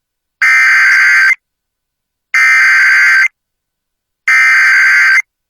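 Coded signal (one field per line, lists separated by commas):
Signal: Emergency Alert System (SAME) tones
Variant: header bursts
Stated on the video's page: Severe Thunderstorm Warning issued by NWS Missoula, relayed by an FM station and recorded from its online live stream.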